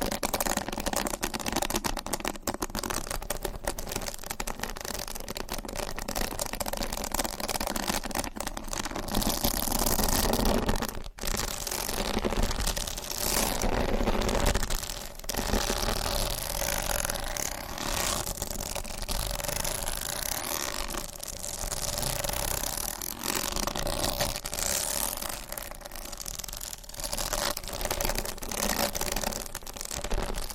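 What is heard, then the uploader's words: Continuous tapping and scratching fills the whole half minute, a dense, busy texture of quick irregular taps over a rough scraping hiss. The level stays fairly even, with a brief sharp dip near eleven seconds and slight swells and lulls afterward. Tapping and Scratching.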